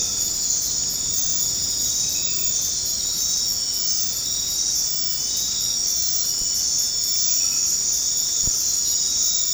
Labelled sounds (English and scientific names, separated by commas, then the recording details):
none
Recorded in dense forest near Puerto Asís, Putumayo, Colombia, on 4 March 2025 at 21:00
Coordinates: 0.500, -76.322
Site GP06